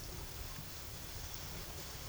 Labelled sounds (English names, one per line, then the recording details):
none
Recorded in pastures near Puerto Asís, Putumayo, Colombia, on 24 March 2025 at 10:30
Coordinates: 0.487, -76.322
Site G077